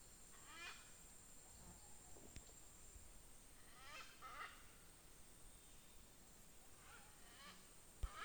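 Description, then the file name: Parrot calls: a few faint bursts of squawks spaced several seconds apart, with a couple of clicks and a constant high hum behind. "perroquets"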